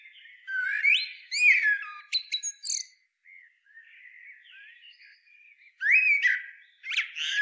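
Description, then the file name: Common blackbird delivering fluty whistled phrases topped with high squeaky flourishes, a soft warbling interlude, then another loud phrase. "Turdus merula"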